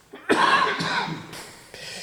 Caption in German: Du musst langsam aus der Kälte, man hört es an deinem Husten.